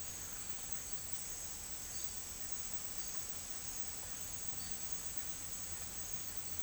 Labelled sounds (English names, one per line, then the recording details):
none
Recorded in dense forest near Puerto Asís, Putumayo, Colombia, on 8 March 2025 at 11:00
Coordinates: 0.484, -76.317
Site G064